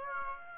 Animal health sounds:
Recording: mosquito wingbeat signal from an infrared sensor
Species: Aedes aegypti

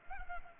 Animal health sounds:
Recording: mosquito wingbeat signal from an infrared sensor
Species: Culex pipiens

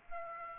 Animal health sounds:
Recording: mosquito wingbeat signal from an infrared sensor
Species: Aedes aegypti

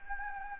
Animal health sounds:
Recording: mosquito wingbeat signal from an infrared sensor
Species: Anopheles gambiae

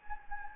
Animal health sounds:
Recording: mosquito wingbeat signal from an infrared sensor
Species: Anopheles gambiae

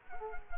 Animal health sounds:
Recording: mosquito wingbeat signal from an infrared sensor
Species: Culex quinquefasciatus

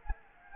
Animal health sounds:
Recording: mosquito wingbeat signal from an infrared sensor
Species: Anopheles arabiensis

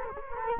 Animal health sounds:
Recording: mosquito wingbeat signal from an infrared sensor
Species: Culex quinquefasciatus

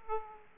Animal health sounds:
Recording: mosquito wingbeat signal from an infrared sensor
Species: Aedes aegypti

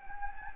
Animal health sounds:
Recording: mosquito wingbeat signal from an infrared sensor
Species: Anopheles gambiae

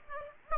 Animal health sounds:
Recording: mosquito wingbeat signal from an infrared sensor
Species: Aedes aegypti

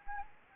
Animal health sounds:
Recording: mosquito wingbeat signal from an infrared sensor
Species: Anopheles gambiae

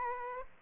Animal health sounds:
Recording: mosquito wingbeat signal from an infrared sensor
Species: Aedes aegypti

